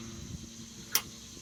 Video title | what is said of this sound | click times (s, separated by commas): Getting This Machine Almost Killed Me (seriously) | Hear it? And it's in there, and it's not going anywhere, but you can see it's not fully seated. | 1.0 s